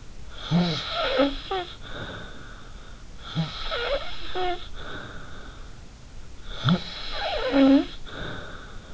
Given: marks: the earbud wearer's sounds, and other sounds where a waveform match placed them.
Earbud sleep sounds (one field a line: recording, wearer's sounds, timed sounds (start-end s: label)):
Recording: sounds in sleep by an in-ear microphone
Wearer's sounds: snoring breath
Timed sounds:
0.30-3.05 s: snoring breath
3.26-5.82 s: snoring breath
6.47-8.94 s: snoring breath